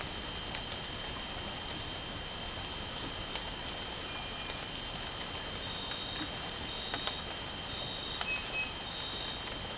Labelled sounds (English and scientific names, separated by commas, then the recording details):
none
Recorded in dense forest near Puerto Asís, Putumayo, Colombia, on 12 March 2025 at 03:30
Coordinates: 0.467, -76.328
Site G041